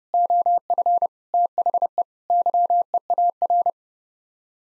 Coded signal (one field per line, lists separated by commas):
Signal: Morse code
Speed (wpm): 30 wpm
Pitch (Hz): 700 Hz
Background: none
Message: OF THE YEAR